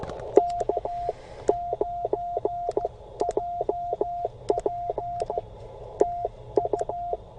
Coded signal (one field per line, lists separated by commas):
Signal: Morse code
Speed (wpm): 16 wpm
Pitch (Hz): 690 Hz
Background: none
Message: K9JP TU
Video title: CW Key Failure during POTA!!! Thank goodness for spares